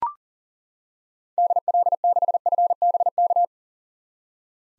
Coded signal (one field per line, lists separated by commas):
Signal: Morse code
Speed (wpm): 40 wpm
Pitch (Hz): 700 Hz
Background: none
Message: DL6FBK